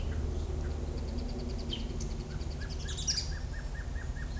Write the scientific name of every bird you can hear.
Sakesphorus canadensis, Phaeomyias murina